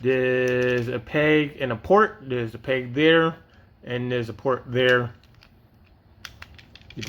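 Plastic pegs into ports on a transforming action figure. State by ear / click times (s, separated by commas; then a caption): seated / 6.2 s, 6.4 s. Someone talks while plastic pegs on a Transformers Legacy Scraphook Deluxe Class transforming action figure are pushed into their ports. After the talking stops, sharp plastic pops are heard at 6.2 s and 6.4 s, followed by a few fainter ticks. The pegs pop in and are seated.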